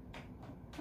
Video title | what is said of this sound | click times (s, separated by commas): Hydroponic Dutch Bucket Build - part 1 | it pops right in. | 0.1 s